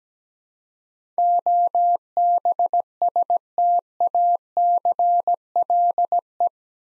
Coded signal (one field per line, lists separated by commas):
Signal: Morse code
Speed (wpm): 17 wpm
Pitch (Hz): 700 Hz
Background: none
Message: OBSTACLE